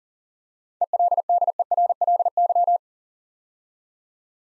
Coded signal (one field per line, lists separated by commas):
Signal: Morse code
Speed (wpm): 42 wpm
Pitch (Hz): 700 Hz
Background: none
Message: ELDERLY